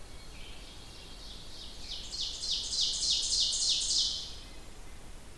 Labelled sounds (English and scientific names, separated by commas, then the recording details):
Ovenbird (Seiurus aurocapilla) song
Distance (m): 25 m
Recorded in boreal forest in Alberta, Canada, on 29 June 2016 at 08:53
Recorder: SongMeter 3, array SBT-6-79
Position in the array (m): 231 m, 19 m
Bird 39